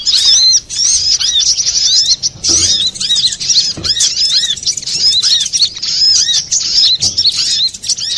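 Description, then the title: Little spiderhunter song: a sustained torrent of sharp, high twittering notes and curved slurs, with a few faint knocks. Masteran song of Sogok Ontong (little spiderhunter), labelled Labaik, for training cage birds. "Masteran Burung Sogok Ontong Labaik"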